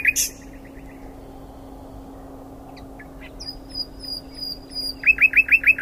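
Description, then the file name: Common nightingale song: a brief burst of notes, then scattered soft thin whistles and ticks, ending with a fast run of loud repeated notes. "Luscinia megarhynchos"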